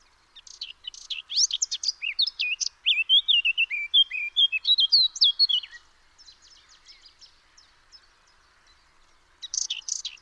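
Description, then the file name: Eurasian blackcap singing, a rapid run of high chattering notes followed by clear whistled phrases, then soft quieter notes and a brief scratchy burst at the end. "Sylvia atricapilla"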